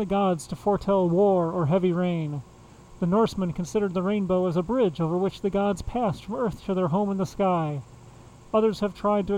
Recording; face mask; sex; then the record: reading aloud; surgical mask; male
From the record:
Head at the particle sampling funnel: facing it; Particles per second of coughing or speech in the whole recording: 0.0544